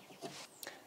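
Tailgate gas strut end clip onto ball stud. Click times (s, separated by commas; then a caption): 0.6 s. A new gas tailgate strut's end fitting is pushed onto its ball mount after the catch on top is loosened. After a low rustle of handling, a sharp click at 0.6 s marks the clip snapping into place, and the strut is seated.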